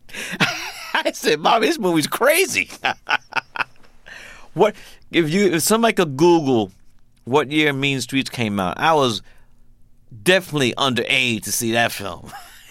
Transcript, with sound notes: I said, Mom, this movie's crazy (laughter). What - if you - if somebody could Google what year "Mean Streets" came out, I was definitely underage to see that film.